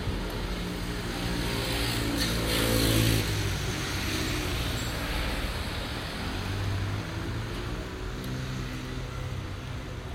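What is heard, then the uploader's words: A busy Saturday afternoon outdoors, with steady traffic passing and a car swelling louder around two to three seconds before easing off. Low engine rumble runs throughout, with faint voices underneath and a dense, constant hiss of street noise. Gedempte Gracht Den Haag. A busy Saturday afternoon.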